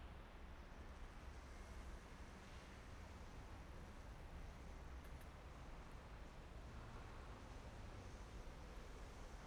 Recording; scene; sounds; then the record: everyday scene through a hearing-aid microphone; in traffic; traffic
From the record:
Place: main city hub, rush hour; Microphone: behind the ear, right, rear